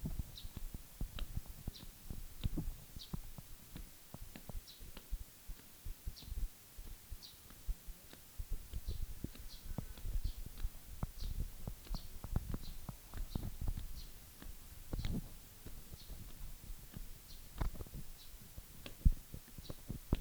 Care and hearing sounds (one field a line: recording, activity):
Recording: daily activity, guitar pickup as the sensor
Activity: walk